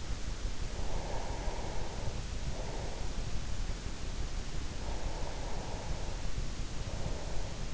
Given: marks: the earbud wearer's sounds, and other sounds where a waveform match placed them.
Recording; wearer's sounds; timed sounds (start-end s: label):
sounds in sleep by an in-ear microphone; breath
0.46-3.78 s: breath
4.69-7.74 s: breath